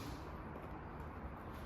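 A click-lock luxury vinyl floor plank is angled about 15 degrees into the groove of the previous row's plank and pressed down flat. Only a steady broadband noise with low rumble is heard, with no distinct hit. Nothing has seated or clicked yet.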